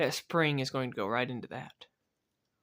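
Someone talks while the Phillips driver on a steel Leatherman Bond multitool is opened, with the spring about to drop into the gap at the back of the driver to lock it. Nothing has snapped or locked into place yet when the clip ends.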